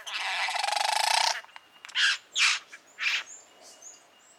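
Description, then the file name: Satin bowerbird giving a loud buzzy, rattling rasp lasting over a second, followed by three short harsh bursts. "Satin Bowerbird Ptilonorhynchus violaceus"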